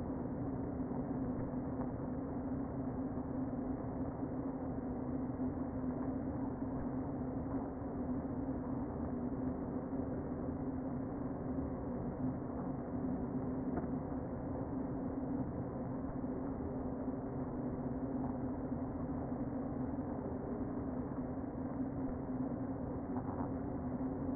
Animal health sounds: honeybee colony, microphone inside the hive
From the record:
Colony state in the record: queen present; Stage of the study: before two queens were removed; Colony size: about 60,000 bees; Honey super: yes

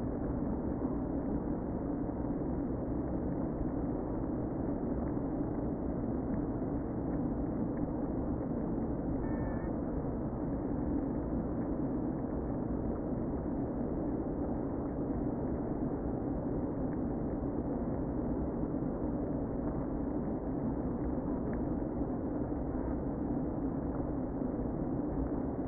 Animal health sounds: honeybee colony, microphone inside the hive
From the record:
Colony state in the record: queen present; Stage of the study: before two queens were removed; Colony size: about 60,000 bees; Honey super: yes

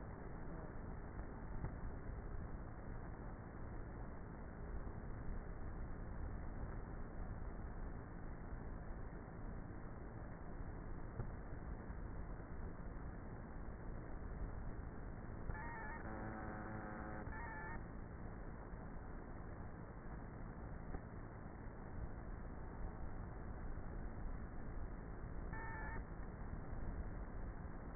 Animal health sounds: honeybee colony, microphone inside the hive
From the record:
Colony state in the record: queenless with a low population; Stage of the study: before two queens were removed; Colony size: about 30,000 bees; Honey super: no

